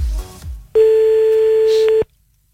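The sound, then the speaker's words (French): A steady, mid-pitched telephone line tone sounds once while calling someone back, loud and unbroken for just over a second, then cuts off abruptly, after a brief muffled rumble at the start. “Bon, du coup, on l'avait rappelé, bien entendu, juste après.”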